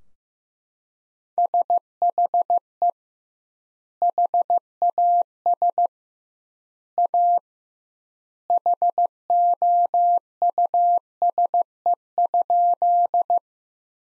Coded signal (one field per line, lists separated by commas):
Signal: Morse code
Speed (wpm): 15 wpm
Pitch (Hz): 700 Hz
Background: none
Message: SHE HAS A HOUSE?